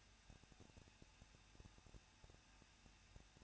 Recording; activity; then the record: daily activity, microphone in the room; no activity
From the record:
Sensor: 2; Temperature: 21.0 degrees Celsius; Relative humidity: 37.3%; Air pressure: 1006.3 hPa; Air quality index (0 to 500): 221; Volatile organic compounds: 23 ppm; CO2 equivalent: 2786 ppm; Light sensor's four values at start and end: 2/3/2/2 and 2/3/2/2